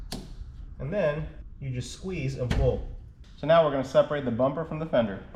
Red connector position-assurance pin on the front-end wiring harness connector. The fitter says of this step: You pull it towards yourself until it clicks.